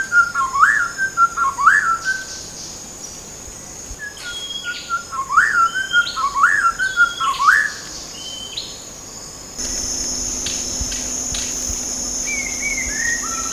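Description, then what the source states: White-rumped shama song: clear whistled phrases with sharp rising slurs, repeated in bursts, over a steady high insect drone. Recorded at Danum on 8 August 2009.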